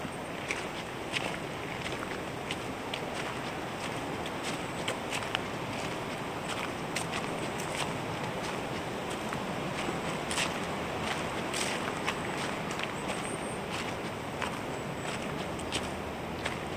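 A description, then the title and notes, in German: A walk beside a small brook: steady, dense rushing water fills the scene, with frequent bright clicks and taps scattered throughout, possibly footsteps. Ambisonics Binauraler Spaziergang entlang eines kleinen Baches. Entspannende Naturklänge.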